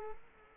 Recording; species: mosquito wingbeat signal from an infrared sensor; Culex quinquefasciatus